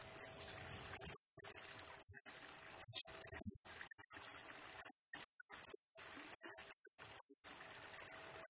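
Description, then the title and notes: Blue-crowned hanging parrot song, shrill high chirps following one another about twice a second, with a soft thin whistle at the start. Masteran lure and training song of a Serindit singing actively in rapid-fire 'nembak' style, used to train and attract other birds, said to stir up all birds. "Burung Serindit Nembak Gacor Bikin Emosi Semua Burung. Suara Nasteran Dan Pemikat Burung Serinditan Gacor"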